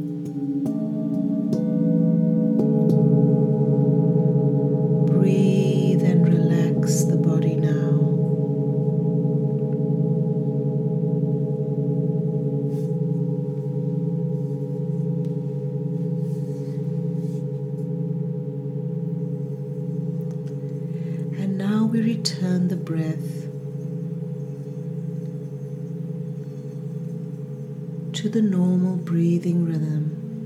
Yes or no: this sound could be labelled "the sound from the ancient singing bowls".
yes